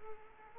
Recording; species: mosquito wingbeat signal from an infrared sensor; Aedes aegypti